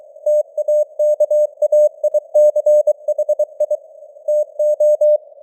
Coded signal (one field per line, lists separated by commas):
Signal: Morse code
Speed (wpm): 23 wpm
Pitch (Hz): 600 Hz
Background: none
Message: TAKAICHI TO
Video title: Morse Code News | 2025-10-20 | 23wpm